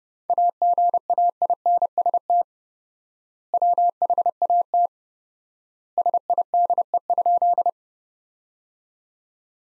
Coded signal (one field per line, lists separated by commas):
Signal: Morse code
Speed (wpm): 30 wpm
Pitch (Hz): 700 Hz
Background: none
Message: AGAINST WHAT SIDE?